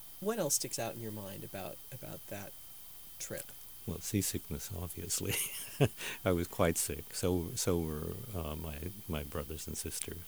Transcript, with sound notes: What else sticks out in your mind about that trip?
Well, sea- sickness obviously! (Laughing) I was quite sick. So were my brothers and sisters;